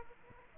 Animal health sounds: mosquito wingbeat signal from an infrared sensor; Aedes aegypti

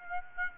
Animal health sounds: mosquito wingbeat signal from an infrared sensor; Aedes aegypti

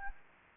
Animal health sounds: mosquito wingbeat signal from an infrared sensor; Anopheles gambiae

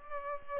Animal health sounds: mosquito wingbeat signal from an infrared sensor; Culex pipiens

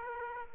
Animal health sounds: mosquito wingbeat signal from an infrared sensor; Aedes aegypti

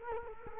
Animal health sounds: mosquito wingbeat signal from an infrared sensor; Culex quinquefasciatus

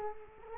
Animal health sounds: mosquito wingbeat signal from an infrared sensor; Culex quinquefasciatus

